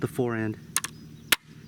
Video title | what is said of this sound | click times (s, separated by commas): Sig Sauer 556, Better than an AR15? | it locks in place really | 1.3 s